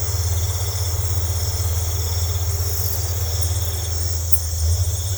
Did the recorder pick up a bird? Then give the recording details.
no. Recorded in secondary vegetation near Puerto Asís, Putumayo, Colombia, on 18 December 2024 at 21:00. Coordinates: 0.468, -76.324. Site G095